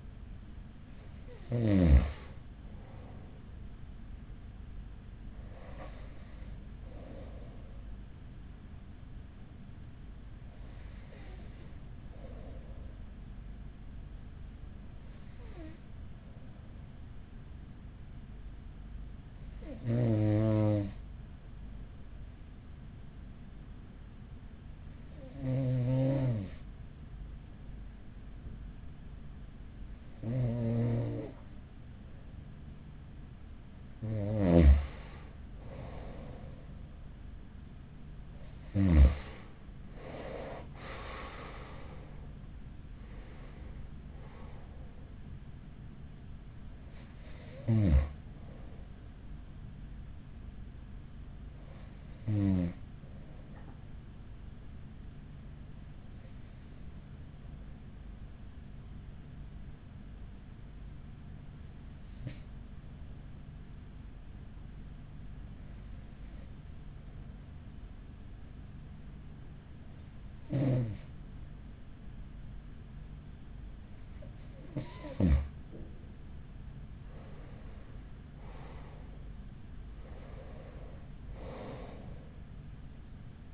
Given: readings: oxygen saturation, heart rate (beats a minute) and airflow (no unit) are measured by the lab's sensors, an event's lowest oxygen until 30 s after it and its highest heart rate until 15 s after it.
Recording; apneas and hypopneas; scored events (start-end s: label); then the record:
breathing in sleep by a smartphone at the bedside; 2
20.00-40.30 s: hypopnea (N2, oxygen 94% highest, then 92% lowest, heart rate 45 at the start, 57 highest)
41.00-83.53 s: new sleep stage, N1 (lightest sleep)
61.00-79.20 s: hypopnea (N1, oxygen 95% highest, then 92% lowest, heart rate 42 at the start, 50 highest)
From the record:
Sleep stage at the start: N2 (light sleep); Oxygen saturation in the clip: 92 to 95%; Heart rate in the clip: 41 to 57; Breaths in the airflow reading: 19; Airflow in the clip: -10.9 to 10.6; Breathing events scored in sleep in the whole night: 207 in 7.6 hours asleep